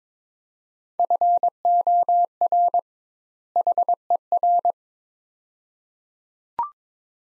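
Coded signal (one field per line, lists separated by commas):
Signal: Morse code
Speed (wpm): 22 wpm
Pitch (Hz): 700 Hz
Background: none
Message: FOR HER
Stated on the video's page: Morse practice drill of two-word sets at 22 wpm with 2x word spacing, a Farnsworth-like method, each set followed by speech.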